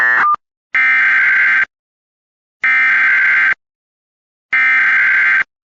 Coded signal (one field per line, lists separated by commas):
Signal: Emergency Alert System (SAME) tones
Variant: header bursts